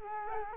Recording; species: mosquito wingbeat signal from an infrared sensor; Culex quinquefasciatus